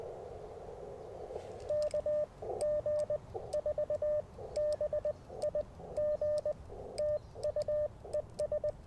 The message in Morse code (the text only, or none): KG4BIG TU ES